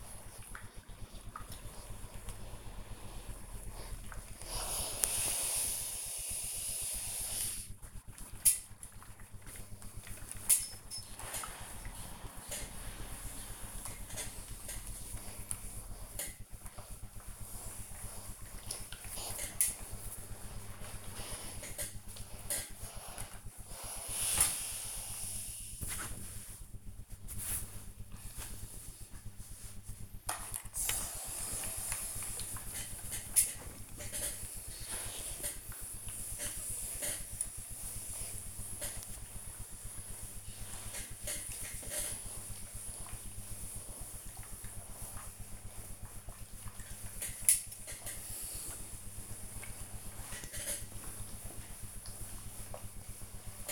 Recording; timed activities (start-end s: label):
household activities, microphone on the right wrist
0.00-53.72 s: ironing laundry